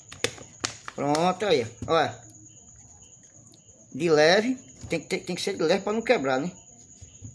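During a Samsung A03 screen replacement, a plastic clip-on part is handled over a smartphone frame, with a few short, sharp ticks near the start while someone talks. Nothing has seated or clicked into the frame yet.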